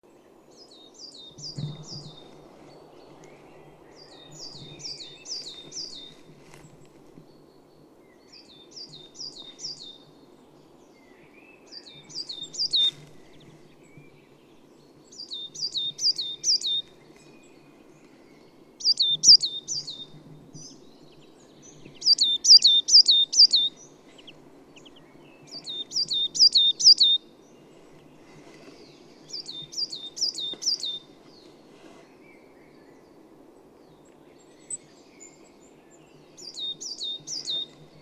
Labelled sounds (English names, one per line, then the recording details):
Coal Tit song
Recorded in the wild
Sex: male
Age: adult
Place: Schönow, Naturpark Barnim, Brandenburg, DE
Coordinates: 52.6906, 13.5392
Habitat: pine forest
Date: 2005-03-28
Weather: fair, ca. 0°C, moderate winds
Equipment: Tascam DA-P1, Telinga Pro 5
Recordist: Frommolt, Karl-Heinz
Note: Wald zwischen Schönow und Waldfrieden, Kiefernbestand: Gesang. Entfernung ca. 10 m